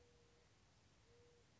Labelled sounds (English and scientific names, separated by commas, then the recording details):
Mourning Dove (Zenaida macroura)
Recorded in Sonoma County, California